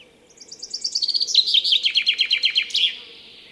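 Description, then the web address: Bird calling: a rapid run of sharp chirps stepping downward, then a steady series of quick, even notes before fading out. "Deverinetal. Bird Only"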